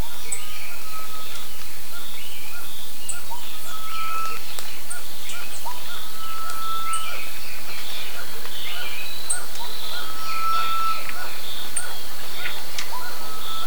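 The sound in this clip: Bird calls: quick repeated chirping notes, several long steady whistles and sparse very high squeaks, over continuous background hiss.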